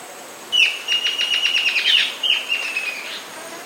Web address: S America Warbling Antbird